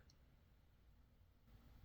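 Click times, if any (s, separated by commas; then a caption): none. The removable bottom bracket of a slim OATSBASF Z case for the iPhone Air is being pushed hard onto the case body until it locks. Only low, steady handling noise is heard. Nothing has seated or clicked yet.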